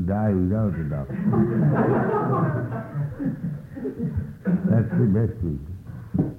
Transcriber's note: laughter